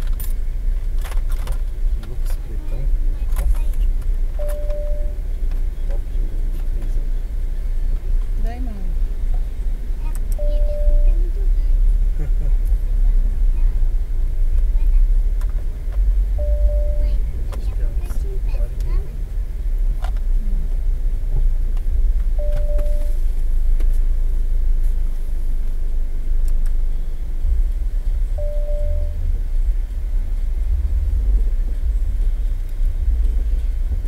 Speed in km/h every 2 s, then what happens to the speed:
8, 8, 8, 7, 7, 8, 9, 9, 10, 10, 10, 6, 4, 4, 5, 6, 6.
0-20 steady at about 8. 20-24 slows to 4. 24-34 steady at about 5.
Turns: none.